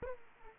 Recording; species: mosquito wingbeat signal from an infrared sensor; Aedes aegypti